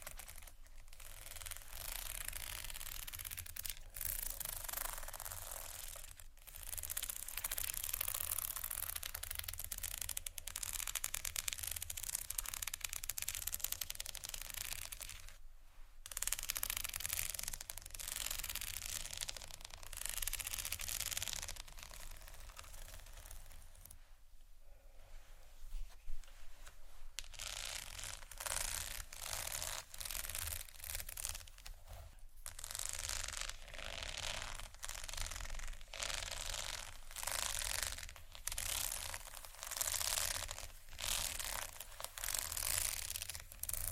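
Scratching and rubbing on hard surfaces like marble and wood, with dense crinkly textures running almost without pause. Brief gaps near 6, 16 and 24 seconds break the bright, hissy scraping, and a few sharper taps stand out around 26 seconds.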